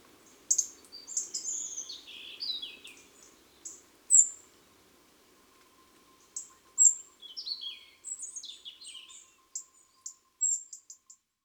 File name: Rougegorge familier